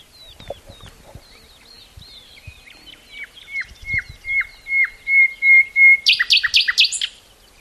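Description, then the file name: Common nightingale singing: scattered whistles, then repeated slurred notes swelling in loudness, ending with a burst of loud, high repeated notes. "Luscinia megarhynchos"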